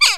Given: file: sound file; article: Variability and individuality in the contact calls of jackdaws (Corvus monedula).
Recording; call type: jackdaw call; harmonic